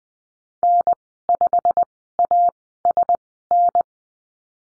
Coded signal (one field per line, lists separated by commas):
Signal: Morse code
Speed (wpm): 20 wpm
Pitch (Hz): 700 Hz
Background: none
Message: N5ASN